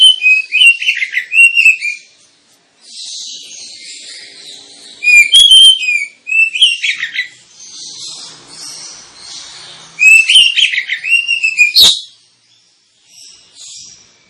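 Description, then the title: Oriental magpie-robin singing in several loud bursts of varied whistles and chirps, separated by quieter hissy passages, with a sharp click near the end. Kacer (Oriental magpie-robin) recording used as a lure to provoke other kacer birds into singing and fighting. "Kacer Langsung Tarung Konslet KACER NGOTOT FULL TEMBAKAN. Kacer dimana SAJA Bakalan NGEPLONG GACOR dengan Pancingan Kacer ini"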